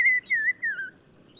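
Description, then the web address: Black-crowned tchagra whistles: three slurred, slightly falling notes in quick sequence, then quiet with a faint higher note at the end. Recorded in Morocco. "Black-crowned Tchagra. new sound approach title morocco"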